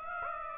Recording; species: mosquito wingbeat signal from an infrared sensor; Aedes aegypti